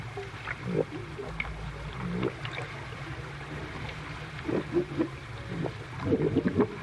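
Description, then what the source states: Seal sounds underwater: scattered low grunts and clicks in uneven clusters over a steady low hum. Seals recorded underwater by hydrophones in stereo from a vessel anchored off Mingulay, Hebrides, in late September during the pupping season.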